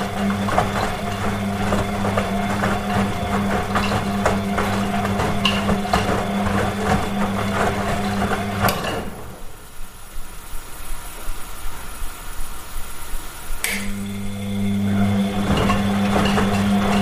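A washing machine runs with a steady low hum and ticking, cuts to a quieter swishing lull around nine seconds, then resumes humming near fourteen.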